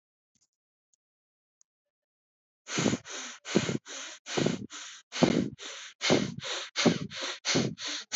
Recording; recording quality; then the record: shallow breathing; excellent, no background noise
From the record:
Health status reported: healthy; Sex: male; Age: 25 years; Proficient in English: yes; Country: India